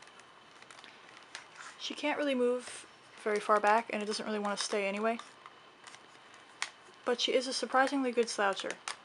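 A resin ball-jointed doll's torso joint is handled and moved into a slouched pose while someone talks, with soft crinkling handling noises and a few faint taps. The clip ends before the joint goes home, so nothing has clicked into place yet.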